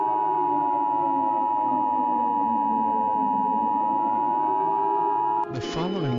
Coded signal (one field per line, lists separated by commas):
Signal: Emergency Alert System (SAME) tones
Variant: 853 and 960 Hz attention tone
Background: speech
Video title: Hurricane Evacuation: A Mini-EAS Scenario